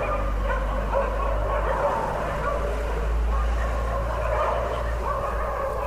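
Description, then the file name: Dog barking in rough bursts over a steady low rumble. "mylittlestraydog"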